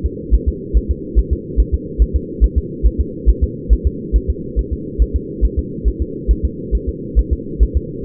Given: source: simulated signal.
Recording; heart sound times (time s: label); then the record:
fetal heart sounds
0.06 s: S2
0.34 s: S1
0.48 s: S2
0.77 s: S1
0.91 s: S2
1.19 s: S1
1.33 s: S2
1.60 s: S1
1.74 s: S2
2.02 s: S1
2.16 s: S2
2.44 s: S1
2.58 s: S2
2.87 s: S1
3.01 s: S2
3.30 s: S1
3.44 s: S2
3.73 s: S1
3.87 s: S2
4.16 s: S1
4.30 s: S2
4.59 s: S1
4.73 s: S2
5.02 s: S1
5.16 s: S2
5.45 s: S1
5.59 s: S2
5.88 s: S1
6.02 s: S2
6.31 s: S1
6.45 s: S2
6.75 s: S1
6.89 s: S2
7.19 s: S1
7.33 s: S2
7.63 s: S1
7.77 s: S2
From the record:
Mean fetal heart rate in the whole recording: 140 bpm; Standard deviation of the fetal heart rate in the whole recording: 2 bpm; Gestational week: 34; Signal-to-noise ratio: -4.1 dB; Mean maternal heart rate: no maternal heart sound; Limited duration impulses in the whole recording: absent